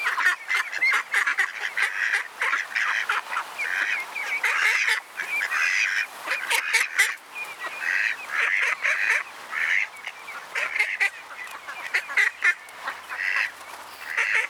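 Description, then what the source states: Ducks calling in a noisy group, harsh nasal calls overlapping continuously with brief bursts and short pauses throughout. At Mlaka, Borov gozdiček.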